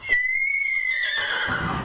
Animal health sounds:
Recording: contact call of a hoofed animal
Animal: horse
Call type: whinny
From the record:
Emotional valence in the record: negative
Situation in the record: group separation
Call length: 1.85 s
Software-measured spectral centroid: 2340 Hz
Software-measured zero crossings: 3930 a second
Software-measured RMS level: -24 dBFS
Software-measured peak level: -10 dBFS

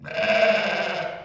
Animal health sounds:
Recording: contact call of a hoofed animal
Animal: sheep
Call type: low-frequency (closed-mouth) or high-frequency (open-mouth) call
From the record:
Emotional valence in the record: negative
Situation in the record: short social isolation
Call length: 1.25 s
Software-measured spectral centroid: 2150 Hz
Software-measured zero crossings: 2480 a second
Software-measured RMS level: -23 dBFS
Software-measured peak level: -8 dBFS

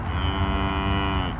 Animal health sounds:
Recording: contact call of a hoofed animal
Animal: cattle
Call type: low-frequency (closed-mouth) or high-frequency (open-mouth) call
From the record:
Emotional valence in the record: negative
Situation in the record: full separation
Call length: 1.40 s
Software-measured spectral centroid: 2170 Hz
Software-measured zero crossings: 1580 a second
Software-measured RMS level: -24 dBFS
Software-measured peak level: -12 dBFS

